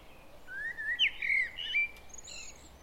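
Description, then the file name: Common blackbird delivering a mellow fluted phrase with slurred notes, ending in a thin high twitter, with faint background noise. "Turdus merula"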